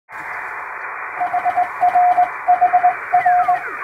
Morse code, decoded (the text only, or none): HR HR